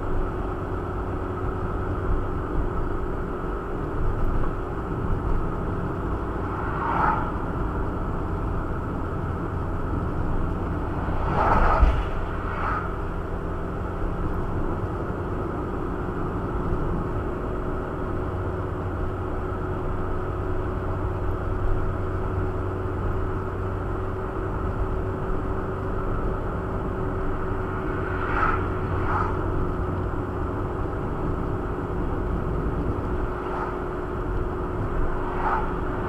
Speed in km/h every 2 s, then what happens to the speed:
55, 55, 53, 53, 52, 52, 53, 53, 55, 55, 55, 56, 57, 57, 55, 55, 54, 54.
0-36 steady at about 55.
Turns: none.